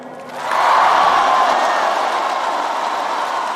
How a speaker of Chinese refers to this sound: 全场沸腾起来，掌声欢呼声经久不息。